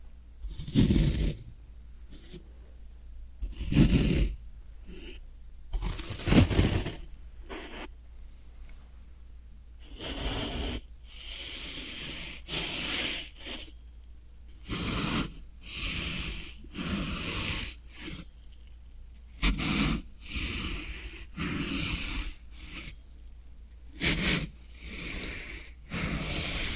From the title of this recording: Floral Foam Sounds